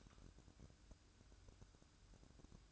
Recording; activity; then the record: daily activity, microphone in the room; light on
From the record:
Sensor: 2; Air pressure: 1007.7 hPa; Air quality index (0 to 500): 71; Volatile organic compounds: 1 ppm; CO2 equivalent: 623 ppm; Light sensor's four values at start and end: 8/20/8/9 and 14/38/15/15